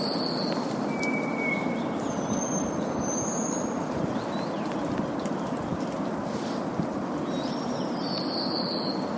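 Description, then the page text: Taiwan whistling thrush calls: a few piercing, thin, level whistles and two longer high notes, spaced irregularly, heard over a continuous heavy rushing roar. "Голоса птиц - Тайваньская синяя птица (Myophonus insularis)"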